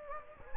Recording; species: mosquito wingbeat signal from an infrared sensor; Anopheles gambiae